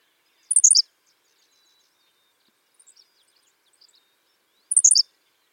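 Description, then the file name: Henslow's sparrow giving its short, high, hiccup-like song twice, about four seconds apart, with a few faint high chips between phrases. "Ammodramus henslowii - Henslow's Sparrow"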